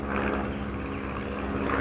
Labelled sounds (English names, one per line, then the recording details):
California Towhee
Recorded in Sonoma County, California